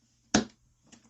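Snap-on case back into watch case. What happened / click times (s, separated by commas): The snap-on back caught with one click but seated only partly / 0.3 s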